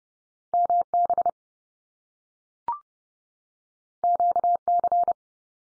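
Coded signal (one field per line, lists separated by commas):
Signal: Morse code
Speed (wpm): 30 wpm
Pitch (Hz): 700 Hz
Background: none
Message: MB QC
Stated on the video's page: Head-copy drill of Canadian province and territory names sent at 30wpm, each sent in Morse, spoken, then sent again.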